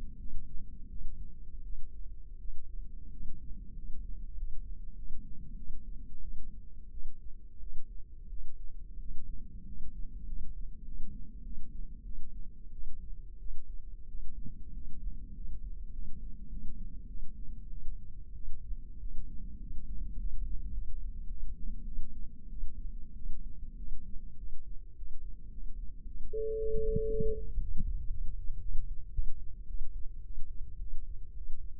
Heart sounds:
heart sounds by microphone in the left ear; 98 bpm
0.18 s: heartbeat
0.88 s: heartbeat
1.62 s: heartbeat
2.37 s: heartbeat
3.10 s: heartbeat
3.74 s: heartbeat
4.35 s: heartbeat
4.95 s: heartbeat
5.55 s: heartbeat
6.20 s: heartbeat
6.89 s: heartbeat
7.59 s: heartbeat
8.28 s: heartbeat
8.98 s: heartbeat
9.64 s: heartbeat
10.25 s: heartbeat
10.83 s: heartbeat
11.42 s: heartbeat
12.03 s: heartbeat
12.71 s: heartbeat
13.38 s: heartbeat
14.06 s: heartbeat
14.72 s: heartbeat
15.33 s: heartbeat
15.91 s: heartbeat
16.49 s: heartbeat
17.07 s: heartbeat
17.69 s: heartbeat
18.32 s: heartbeat
18.98 s: heartbeat
19.58 s: heartbeat
20.16 s: heartbeat
20.72 s: heartbeat
21.27 s: heartbeat
21.83 s: heartbeat
22.48 s: heartbeat
23.14 s: heartbeat
23.75 s: heartbeat
24.36 s: heartbeat
24.95 s: heartbeat
25.50 s: heartbeat
26.04 s: heartbeat
26.57 s: heartbeat
27.09 s: heartbeat
27.59 s: heartbeat
28.09 s: heartbeat
28.60 s: heartbeat
29.12 s: heartbeat
29.67 s: heartbeat
30.23 s: heartbeat
30.78 s: heartbeat
31.34 s: heartbeat
From the record:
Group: healthy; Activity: rest 0-25 s, breath hold 25-32 s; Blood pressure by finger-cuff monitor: 114/80 mmHg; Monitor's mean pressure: 92 mmHg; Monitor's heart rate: 100 bpm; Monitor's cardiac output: 7.7 L/min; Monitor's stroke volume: 79 mL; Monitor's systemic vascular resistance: 880 dyn s/cm5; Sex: female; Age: 19 years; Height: 163 cm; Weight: 51 kg

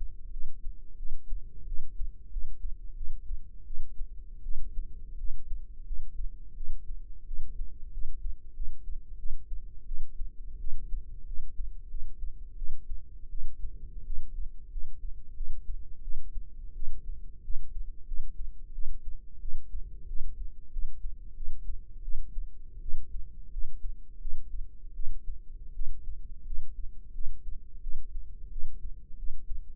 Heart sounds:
heart sounds by microphone in the right ear; 87 bpm
0.32 s: heartbeat
0.98 s: heartbeat
1.67 s: heartbeat
2.31 s: heartbeat
2.96 s: heartbeat
3.66 s: heartbeat
4.43 s: heartbeat
5.18 s: heartbeat
5.85 s: heartbeat
6.55 s: heartbeat
7.26 s: heartbeat
7.92 s: heartbeat
8.55 s: heartbeat
9.18 s: heartbeat
9.86 s: heartbeat
10.59 s: heartbeat
11.26 s: heartbeat
11.89 s: heartbeat
12.57 s: heartbeat
13.30 s: heartbeat
14.05 s: heartbeat
14.70 s: heartbeat
15.35 s: heartbeat
16.02 s: heartbeat
16.75 s: heartbeat
17.43 s: heartbeat
18.06 s: heartbeat
18.73 s: heartbeat
19.41 s: heartbeat
20.08 s: heartbeat
20.71 s: heartbeat
21.35 s: heartbeat
22.03 s: heartbeat
22.81 s: heartbeat
23.51 s: heartbeat
24.20 s: heartbeat
24.94 s: heartbeat
25.74 s: heartbeat
26.45 s: heartbeat
27.13 s: heartbeat
27.81 s: heartbeat
28.51 s: heartbeat
29.17 s: heartbeat
From the record:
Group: healthy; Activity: rest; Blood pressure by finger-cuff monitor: 106/67 mmHg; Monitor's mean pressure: 80 mmHg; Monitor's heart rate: 88 bpm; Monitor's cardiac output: 7.4 L/min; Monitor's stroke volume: 85 mL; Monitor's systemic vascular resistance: 780 dyn s/cm5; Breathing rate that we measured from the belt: 20 breaths a minute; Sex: female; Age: 22 years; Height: 157 cm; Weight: 47.6 kg

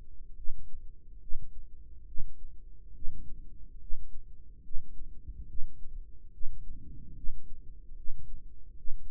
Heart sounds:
heart sounds by microphone in the right ear; 71 bpm
0.36 s: heartbeat
1.21 s: heartbeat
2.07 s: heartbeat
2.94 s: heartbeat
3.80 s: heartbeat
4.64 s: heartbeat
5.48 s: heartbeat
6.33 s: heartbeat
7.16 s: heartbeat
7.97 s: heartbeat
8.77 s: heartbeat
From the record:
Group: healthy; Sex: male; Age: 55 years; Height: 167 cm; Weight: 57.2 kg

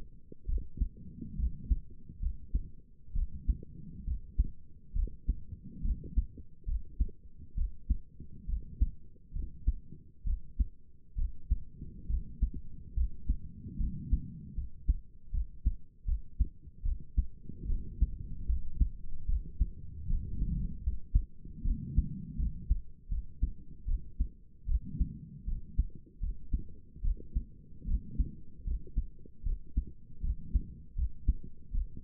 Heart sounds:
heart sounds by stethoscope; 73 bpm
0.47 s: heartbeat
1.37 s: heartbeat
2.20 s: heartbeat
3.14 s: heartbeat
4.05 s: heartbeat
4.94 s: heartbeat
5.83 s: heartbeat
6.66 s: heartbeat
7.56 s: heartbeat
8.47 s: heartbeat
9.33 s: heartbeat
10.25 s: heartbeat
11.16 s: heartbeat
12.08 s: heartbeat
12.95 s: heartbeat
13.78 s: heartbeat
14.55 s: heartbeat
15.32 s: heartbeat
16.06 s: heartbeat
16.84 s: heartbeat
17.68 s: heartbeat
18.47 s: heartbeat
19.27 s: heartbeat
20.08 s: heartbeat
20.83 s: heartbeat
21.64 s: heartbeat
22.37 s: heartbeat
23.10 s: heartbeat
23.87 s: heartbeat
24.67 s: heartbeat
25.46 s: heartbeat
26.21 s: heartbeat
27.03 s: heartbeat
27.86 s: heartbeat
28.65 s: heartbeat
29.44 s: heartbeat
30.22 s: heartbeat
30.96 s: heartbeat
31.72 s: heartbeat
From the record:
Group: healthy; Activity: rest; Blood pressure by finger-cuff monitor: 85/55 mmHg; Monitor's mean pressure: 65 mmHg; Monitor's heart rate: 72 bpm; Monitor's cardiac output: 5.7 L/min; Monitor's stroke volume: 82 mL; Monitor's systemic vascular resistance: 810 dyn s/cm5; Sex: female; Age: 22 years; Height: 163 cm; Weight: 67.1 kg

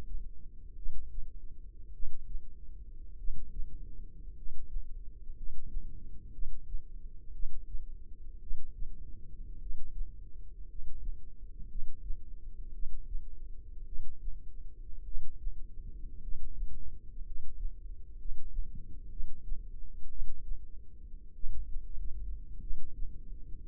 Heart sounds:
heart sounds by microphone in the left ear; 55 bpm
0.74 s: heartbeat
1.91 s: heartbeat
3.15 s: heartbeat
4.33 s: heartbeat
5.33 s: heartbeat
6.30 s: heartbeat
7.31 s: heartbeat
8.38 s: heartbeat
9.58 s: heartbeat
10.66 s: heartbeat
11.66 s: heartbeat
12.70 s: heartbeat
13.83 s: heartbeat
15.03 s: heartbeat
16.19 s: heartbeat
17.22 s: heartbeat
18.16 s: heartbeat
19.08 s: heartbeat
20.07 s: heartbeat
21.32 s: heartbeat
22.58 s: heartbeat
From the record:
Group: healthy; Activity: cold pressor test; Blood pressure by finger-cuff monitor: 123/52 mmHg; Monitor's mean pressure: 75 mmHg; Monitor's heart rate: 56 bpm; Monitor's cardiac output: 6.6 L/min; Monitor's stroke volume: 116 mL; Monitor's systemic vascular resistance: 820 dyn s/cm5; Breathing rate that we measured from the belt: 9 breaths a minute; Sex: male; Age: 25 years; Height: 170 cm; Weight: 70.4 kg

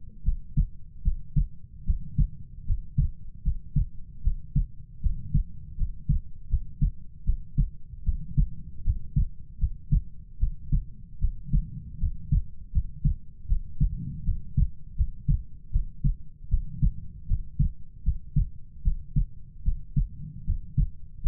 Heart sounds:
heart sounds by stethoscope; 77 bpm
0.23 s: heartbeat
1.02 s: heartbeat
1.84 s: heartbeat
2.65 s: heartbeat
3.42 s: heartbeat
4.22 s: heartbeat
5.01 s: heartbeat
5.76 s: heartbeat
6.48 s: heartbeat
7.24 s: heartbeat
8.03 s: heartbeat
8.83 s: heartbeat
9.58 s: heartbeat
10.38 s: heartbeat
11.19 s: heartbeat
11.98 s: heartbeat
12.71 s: heartbeat
13.47 s: heartbeat
14.24 s: heartbeat
14.95 s: heartbeat
15.70 s: heartbeat
16.48 s: heartbeat
17.26 s: heartbeat
18.03 s: heartbeat
18.82 s: heartbeat
19.63 s: heartbeat
20.44 s: heartbeat
21.20 s: heartbeat
From the record:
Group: healthy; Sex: female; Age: 19 years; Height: 163 cm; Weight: 48.9 kg

